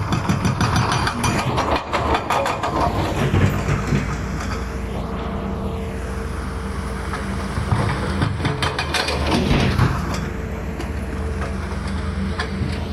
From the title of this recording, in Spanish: Demolición Muelle Puerto Colombia